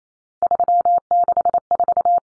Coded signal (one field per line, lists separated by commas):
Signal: Morse code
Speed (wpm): 28 wpm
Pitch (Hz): 700 Hz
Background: none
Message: 364